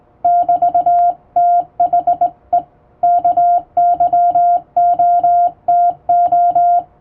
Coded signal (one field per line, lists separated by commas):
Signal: Morse code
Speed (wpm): 20 wpm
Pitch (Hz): 700 Hz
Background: music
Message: <BT>THE KYOTO